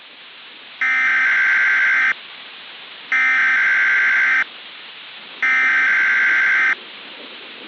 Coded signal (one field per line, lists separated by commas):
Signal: Emergency Alert System (SAME) tones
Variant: header bursts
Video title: "From the Ocean" - EAS Scenario